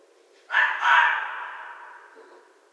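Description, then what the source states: Red fox call: a harsh two-part scream, a rough burst followed at once by a louder second one, then a long fading tail. Recorded 11 January 2012.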